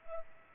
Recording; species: mosquito wingbeat signal from an infrared sensor; Culex pipiens